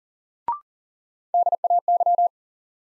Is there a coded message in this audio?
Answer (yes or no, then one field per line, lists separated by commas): yes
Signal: Morse code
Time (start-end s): 1.3-2.3 s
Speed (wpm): 40 wpm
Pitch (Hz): 700 Hz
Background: none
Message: DAY